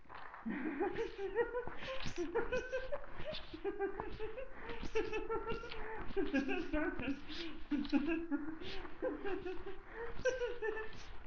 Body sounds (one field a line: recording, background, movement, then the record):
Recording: laughter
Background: quiet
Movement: walking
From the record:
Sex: female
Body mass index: 36.4 kg/m2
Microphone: on the chest, facing the body